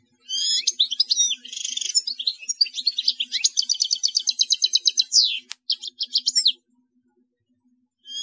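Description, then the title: European goldfinch singing a lively tumbling song with buzzy notes and a fast rhythmic trill, over a faint low hum. "Chant Chardonneret"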